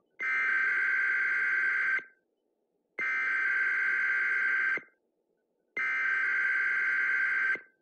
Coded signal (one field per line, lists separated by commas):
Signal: Emergency Alert System (SAME) tones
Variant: header bursts